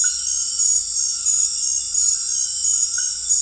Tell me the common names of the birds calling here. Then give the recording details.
none. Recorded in dense forest near Puerto Asís, Putumayo, Colombia, on 20 February 2024 at 23:30. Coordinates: 0.484, -76.317. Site G6464